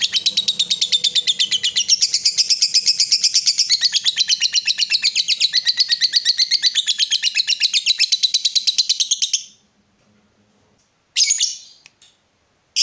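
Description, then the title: Yellow-vented bulbul chattering rapidly in a steady buzzy stream for about nine seconds, then stopping, followed by two short sharp bursts. Used as a bird lure (pikat). "PIKAT TRUCUKAN"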